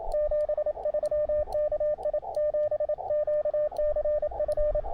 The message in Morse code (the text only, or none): 73 KI7QCF